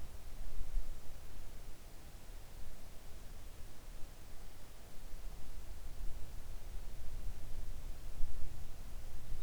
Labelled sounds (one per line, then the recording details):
near silence
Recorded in the Arctic National Wildlife Refuge, Alaska, on 3 August 2019 at 05:32
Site 41